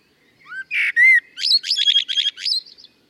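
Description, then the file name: Common blackbird giving two fluty notes, then a rapid string of high, trilled twittering notes that fades out. "Turdus merula"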